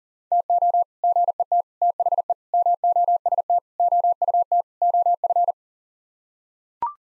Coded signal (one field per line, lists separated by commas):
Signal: Morse code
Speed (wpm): 40 wpm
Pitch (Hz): 700 Hz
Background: none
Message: TO GET THE MOST OUT OF